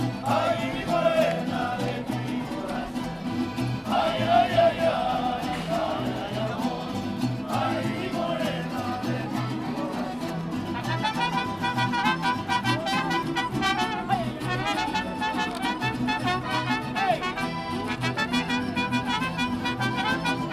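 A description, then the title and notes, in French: A Madrid sound scene with a dense, steady low rumble that never lets up. Above it, shifting pitched tones and murmuring sounds come and go; after about ten seconds the upper layer grows busier, with quick fluttering, chattering detail until the end. Carte sonore de Madrid.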